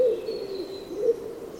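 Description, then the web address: Bird giving a low, drawn-out hooting call, with a faint thin high tone above it. "Bird Only"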